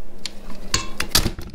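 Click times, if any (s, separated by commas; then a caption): none. A bowl or attachment is twisted onto the base of a kitchen appliance, either a Cuisinart stand mixer or a KitchenAid food processor, to lock it in place. Sharp clattering knocks are heard at about 0.3, 0.7, 1.0 and 1.2 s, with softer taps near 1.4 s. The bowl does not lock, and nothing has seated or clicked.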